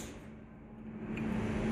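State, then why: Not seated. A gray plastic connector position lock is being handled and pushed toward the back of a coil connector on a Chevy Cobalt during spark plug replacement. Faint handling noise over a steady low hum grows louder toward the end, with a brief sharp tick near 1.2 s. Nothing has seated or clicked yet.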